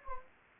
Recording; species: mosquito wingbeat signal from an infrared sensor; Anopheles gambiae